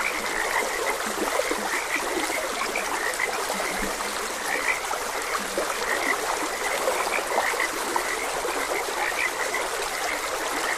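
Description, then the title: Chorus of frogs, many quick chirping notes overlapping with occasional deeper croaks, all set against a constant trickling stream. Frogs croaking beside a gentle stream. "Gentle Stream and Frogs Croaking"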